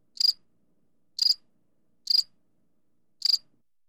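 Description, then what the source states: Cicada chirps: four short, bright rattling bursts, evenly spaced against silence. Recorded close to the calling cicada.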